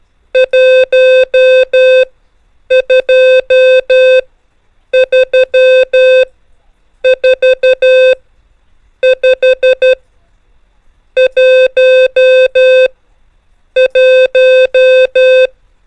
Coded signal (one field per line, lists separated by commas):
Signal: Morse code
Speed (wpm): 12 wpm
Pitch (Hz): 520 Hz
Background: none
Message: 1 2 3 4 5 1 1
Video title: MORSE CODE : NUMBERS ONLY SEE HEAR & DECODE with TRAINOR and CHECKER | HAM RADIO BASICS